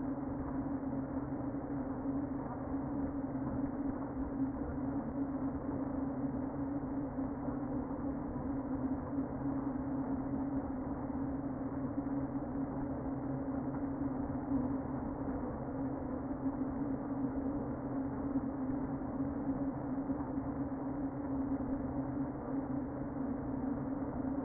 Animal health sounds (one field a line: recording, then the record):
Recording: honeybee colony, microphone inside the hive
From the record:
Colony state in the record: queen present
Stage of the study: before two queens were removed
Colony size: about 60,000 bees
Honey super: yes